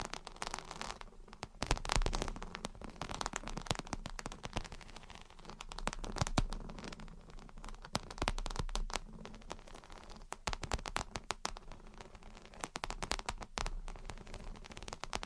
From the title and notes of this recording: Gentle Tapping and Scratching. (No Talking).